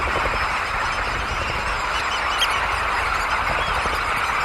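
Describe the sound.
Red knot flock calling, a dense unbroken wash of overlapping notes, steady throughout with no single bird standing out.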